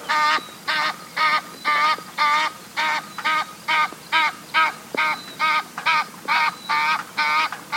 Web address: cieacasadecampo. ganso del Nilo